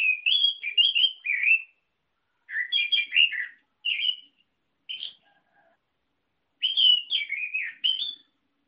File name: anis merah kicau